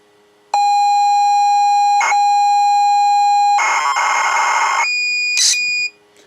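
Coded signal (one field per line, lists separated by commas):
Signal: ZX Spectrum tape loading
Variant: turbo loader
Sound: steady high pitched lead tone, brief burst, then about a second of harsh buzzing data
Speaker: you'll see that I've made a Manic Miner wave and an MP3. I can just hit play on that.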